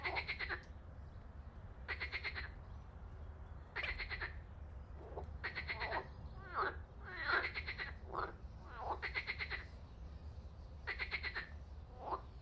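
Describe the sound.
Frog calls: pulsed, rattling croaks repeated roughly every two seconds, with shorter, lower notes in between.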